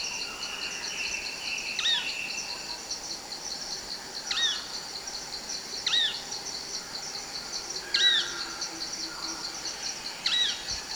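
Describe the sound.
Heart-spotted woodpecker repeating a thin, sharp squeak that drops in pitch, about every two seconds, five times, with a continuous shrill insect chorus behind.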